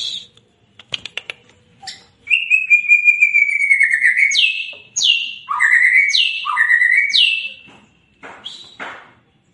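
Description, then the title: White-rumped shama song opens with clicks, then a long sustained whistle and a series of downward-swooping whistled notes repeated about once per second. Lure recording (pancingan) of a White-rumped shama singing vigorously (gacor), meant to make the bird respond. "PANCINGAN MURAI BATU GACOR"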